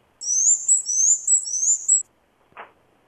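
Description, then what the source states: Black-and-white Warbler song: a run of high, thin squeaky two-part notes in a steady seesaw rhythm, followed by a brief lower click. Played at regular speed, then slowed down; often confused with Bay-breasted Warbler but distinguishable by element structure.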